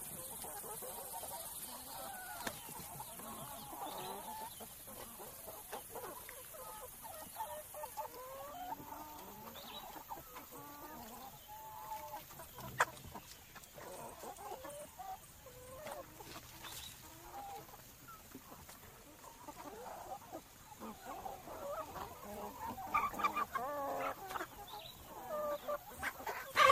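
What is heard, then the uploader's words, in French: Farm animals fill the scene, with chickens clucking in a dense, busy chatter that runs throughout. Short calls overlap constantly in the mid range, a few sharper clicks and knocks pop out around 13 and 17 seconds, and the activity grows livelier toward the end. A la ferme avec ses animaux.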